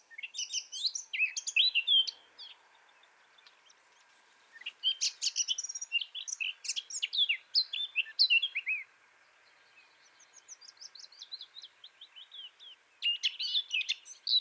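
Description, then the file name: Eurasian blackcap warbling song: rapid, varied high phrases in three or four bursts with short pauses, one passage of descending sweet notes, over a faint steady hum. "Sylvia atricapilla"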